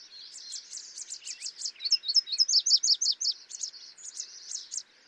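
Yellow warbler song: a run of clear, sweet repeated notes building to a louder middle, then softening.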